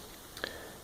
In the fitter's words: make sure the locking tabs click into place,